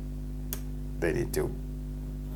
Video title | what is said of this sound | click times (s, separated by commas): Auxiliary Contact on a Contactor-ELECTRECA | we'll look you hear the clicking sound | 0.5 s